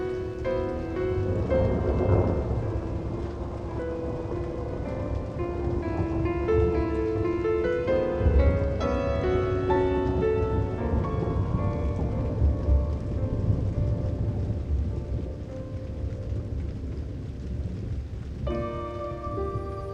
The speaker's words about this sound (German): Jetzt ist nur noch der Regen da.